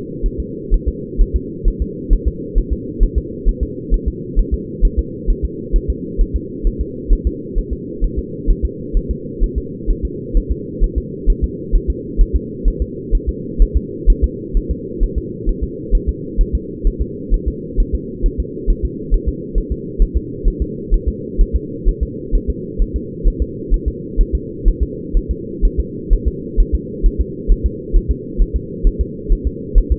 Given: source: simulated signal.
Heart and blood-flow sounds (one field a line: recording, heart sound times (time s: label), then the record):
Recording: fetal heart sounds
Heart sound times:
0.26 s: S1
0.40 s: S2
0.74 s: S1
0.88 s: S2
1.22 s: S1
1.36 s: S2
1.68 s: S1
1.82 s: S2
2.13 s: S1
2.28 s: S2
2.58 s: S1
2.73 s: S2
3.03 s: S1
3.18 s: S2
3.49 s: S1
3.63 s: S2
3.94 s: S1
4.08 s: S2
4.39 s: S1
4.54 s: S2
4.85 s: S1
4.99 s: S2
5.30 s: S1
5.45 s: S2
5.76 s: S1
5.90 s: S2
6.21 s: S1
6.36 s: S2
6.67 s: S1
6.81 s: S2
7.13 s: S1
7.27 s: S2
7.59 s: S1
7.73 s: S2
8.04 s: S1
8.19 s: S2
8.50 s: S1
8.65 s: S2
8.97 s: S1
9.11 s: S2
9.44 s: S1
9.58 s: S2
9.91 s: S1
10.05 s: S2
10.37 s: S1
10.52 s: S2
10.84 s: S1
10.98 s: S2
11.30 s: S1
11.44 s: S2
11.75 s: S1
11.90 s: S2
12.21 s: S1
12.36 s: S2
12.68 s: S1
12.82 s: S2
13.15 s: S1
13.29 s: S2
13.62 s: S1
13.77 s: S2
14.10 s: S1
14.24 s: S2
14.57 s: S1
14.71 s: S2
15.03 s: S1
15.18 s: S2
15.49 s: S1
15.64 s: S2
15.95 s: S1
16.09 s: S2
16.41 s: S1
16.55 s: S2
16.87 s: S1
17.02 s: S2
17.34 s: S1
17.48 s: S2
17.80 s: S1
17.95 s: S2
18.26 s: S1
18.40 s: S2
18.70 s: S1
18.85 s: S2
19.14 s: S1
19.28 s: S2
19.58 s: S1
19.72 s: S2
20.02 s: S1
20.17 s: S2
20.48 s: S1
20.62 s: S2
20.94 s: S1
21.09 s: S2
21.41 s: S1
21.56 s: S2
21.89 s: S1
22.03 s: S2
22.35 s: S1
22.50 s: S2
22.82 s: S1
22.96 s: S2
23.28 s: S1
23.42 s: S2
23.74 s: S1
23.88 s: S2
24.21 s: S1
24.35 s: S2
24.68 s: S1
24.83 s: S2
25.17 s: S1
25.31 s: S2
25.65 s: S1
25.80 s: S2
26.13 s: S1
26.28 s: S2
26.60 s: S1
26.75 s: S2
27.06 s: S1
27.21 s: S2
27.52 s: S1
27.66 s: S2
27.97 s: S1
28.11 s: S2
28.41 s: S1
28.56 s: S2
28.87 s: S1
29.01 s: S2
29.33 s: S1
29.47 s: S2
29.78 s: S1
29.92 s: S2
From the record:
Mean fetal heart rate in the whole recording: 130 bpm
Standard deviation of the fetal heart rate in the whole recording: 4 bpm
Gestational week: 38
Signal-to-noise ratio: -4.1 dB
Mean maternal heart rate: no maternal heart sound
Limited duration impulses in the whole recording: absent